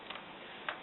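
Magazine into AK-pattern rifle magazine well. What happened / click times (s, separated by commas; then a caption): The magazine latched into place / 0.1 s, 0.7 s. A curved rifle magazine is inserted nose first into the magazine well of an AK-pattern rifle and swung up until it locks. Two short ticks are heard, at 0.1 s and 0.7 s, and the magazine is seated, ready to be tugged to make sure it is in.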